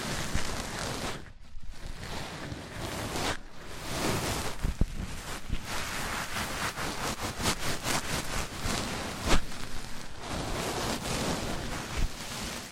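Mic-on-mic triggers: a dense, scratchy rubbing and rustling that runs almost without break, dropping out briefly near 1.5 and 3.5 seconds. A low, windy rumble sits underneath, and sharp taps or knocks stand out around 5 and 9 seconds.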